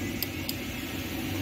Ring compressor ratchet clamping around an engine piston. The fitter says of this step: करना, full tight करना जब तक आखिरी लॉक नहीं हो जाए, ये आखिरी लॉक हो गया, ठीक है।